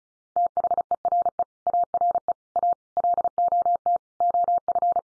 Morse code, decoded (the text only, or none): THERE ARE A LOT OF